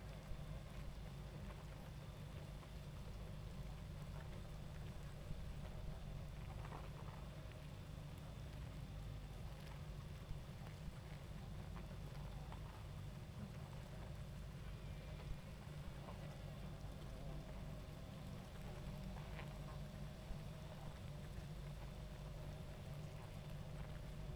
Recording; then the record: honeybee colony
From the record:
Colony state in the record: active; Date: 28 July 2017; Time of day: 21:42